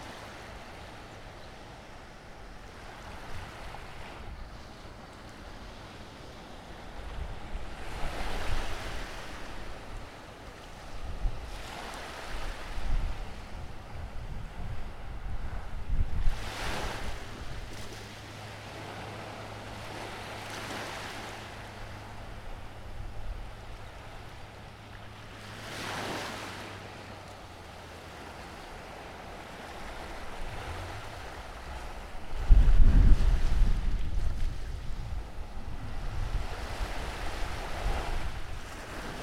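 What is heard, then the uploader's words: Waves wash in on a beach, breaking in soft swells about every four to eight seconds, with a stronger rush near 16 and 26 seconds. Wind rumbles low underneath, and a steady engine-like hum from a passing boat runs through the middle, before a gust near 33 seconds. In this episode we are at a small beach in between eagle beach and palm beach in Aruba. Beach Day In Aruba.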